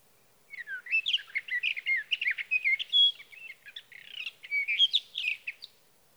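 Sage thrasher singing a sustained warble of quick, varied whistled notes for about five seconds.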